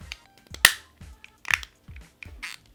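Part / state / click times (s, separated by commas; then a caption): doll frame limb piece onto joint / seated / 0.7 s. A plastic doll frame limb piece is slid onto its joint and snaps home with a sharp, bright click at 0.6 s, so the piece is seated. Softer taps and handling clicks come before and after it, including a firm snap near 1.5 s.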